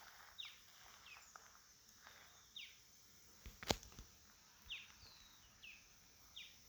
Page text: Tiluchi De Santa Marta (Drymophila hellmayri). Jorge La Grotteria